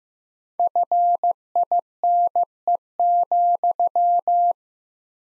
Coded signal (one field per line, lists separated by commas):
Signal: Morse code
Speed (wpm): 15 wpm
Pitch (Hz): 700 Hz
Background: none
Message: FINE,